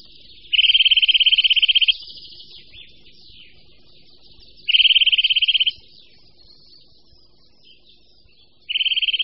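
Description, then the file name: Eurasian nuthatch trills, rapid high piping notes in bursts of about a second, a few seconds apart. "Brhlík-lesní"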